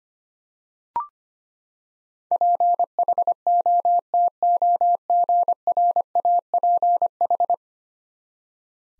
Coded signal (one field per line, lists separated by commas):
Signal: Morse code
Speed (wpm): 25 wpm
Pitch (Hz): 700 Hz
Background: none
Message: PHOTOGRAPH